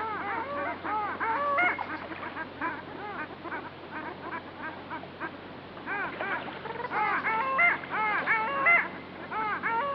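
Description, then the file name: Long-tailed duck flock calling, many overlapping nasal, yodelling harmonic notes that rise and fall, forming a chattering chorus that thins out for a spell near the middle. "Digiffects Sound Effects Library - Long Tailed Duck"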